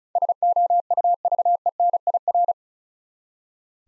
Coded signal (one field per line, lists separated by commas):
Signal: Morse code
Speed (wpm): 36 wpm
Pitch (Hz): 700 Hz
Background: none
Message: SOUVENIR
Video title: Easy Words with Hints - 35wpm